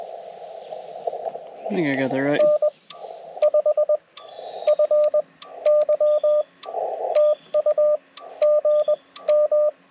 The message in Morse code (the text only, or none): N5FY TU GM